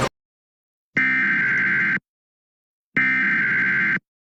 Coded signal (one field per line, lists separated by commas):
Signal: Emergency Alert System (SAME) tones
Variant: header bursts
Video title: EAS Interrupts Mario Kart World